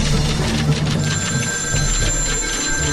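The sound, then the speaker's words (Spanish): An office telephone bell rings continuously with a bright, high metallic trill, sitting over a steady low rumble of background noise; no one speaks. “Yo no atiendo ese teléfono, la oficina está más activa que nunca.”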